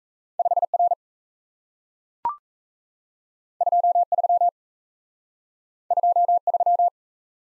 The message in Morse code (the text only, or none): 5R 23 23